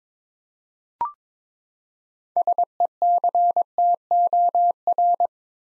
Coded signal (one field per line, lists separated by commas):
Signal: Morse code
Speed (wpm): 22 wpm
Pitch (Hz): 700 Hz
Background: none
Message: SECTOR